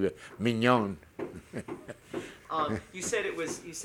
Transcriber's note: he laughs